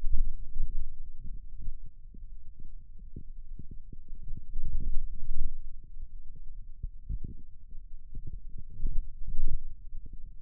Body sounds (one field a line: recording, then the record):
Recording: forearm muscle sounds (acoustic myography)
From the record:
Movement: radial deviation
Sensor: system 2, bracelet of six BSWA MPA416 microphones around the upper forearm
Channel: 1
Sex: male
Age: 22 years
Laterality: right